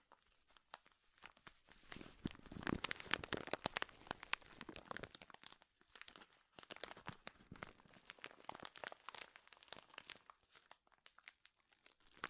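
Crinkling plastic or paper, handled in dense bursts of sharp, bright crackles and crunches. The activity is heaviest from about two to five seconds, then continues in looser clusters with brief pauses near six and eleven seconds. No other sounds stand out.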